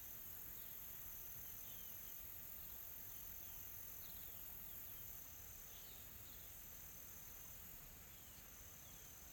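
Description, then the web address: Insects, a constant thin high hiss, with a few faint chirps at intervals and a slight drop in loudness about halfway through. Calm, soft insect sounds in a tropical forest in South Africa. "Smart Sound FX - Nature South Africa AMBIENCE Additional Tropical Forest Soft Insects Calm"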